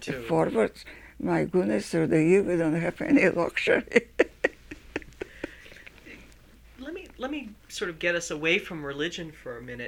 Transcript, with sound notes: Forward. My goodness, through the year we don't have any luxury. [Laughs]
Let me sort of get us away from religion for a minute —
Okay.